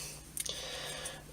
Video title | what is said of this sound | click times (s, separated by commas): 8a Enclosure Oven Cable | and you push until you hear a click | 0.4 s